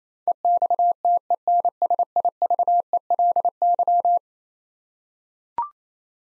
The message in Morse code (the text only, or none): EXTENSIVELY